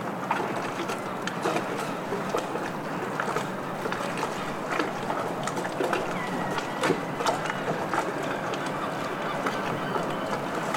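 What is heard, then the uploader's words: Harbour ambience with a steady, dense wash of lapping water and a low rumble running throughout. Short, sharp splashes and knocks break through irregularly every second or so, and a faint thin call rises briefly around seven seconds. Stormy Harbour Ambiance | City of Bristol. This field recording soundscape captures the vibrant ambiance of a stormy harbor. The sounds of lapping waves, seagulls calling, and distant chatter.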